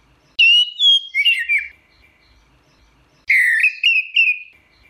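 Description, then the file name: Orange-headed thrush song: two loud phrases opening on a clear whistle and running into slurred, buzzy notes, with a short silence between them. Song in ngeplong style. "anis merah ngeplong"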